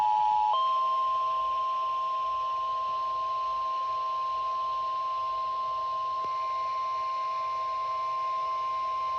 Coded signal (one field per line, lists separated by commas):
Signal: Emergency Alert System (SAME) tones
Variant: 1050 Hz attention tone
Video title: EAS alerts from 5/20/24 and 5/21/2024